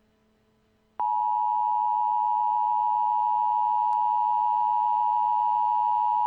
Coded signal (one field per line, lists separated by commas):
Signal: Emergency Alert System (SAME) tones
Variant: 853 and 960 Hz attention tone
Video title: EAS Mini-Scenario - False Alarm